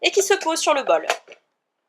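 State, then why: Not seated. A plastic fine or coarse strainer is set into the juicing bowl of a Hurom HAE juicer, to be turned until it locks in place, while someone talks for about 1.4 seconds before the clip falls silent. Nothing has seated or clicked yet.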